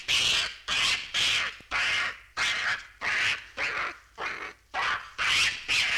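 Monkey squeals, loud harsh shrieks nearly twice a second in a steady run.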